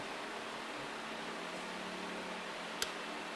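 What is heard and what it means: A break-over style torque wrench tightens the oil drain plug and its washer into the engine sump of a Triumph Tiger motorcycle, over a steady broadband hiss. The wrench gives way rather than clicking, making a single short, sharp hit at 2.8 s as it reaches its setting. The plug is torqued to spec.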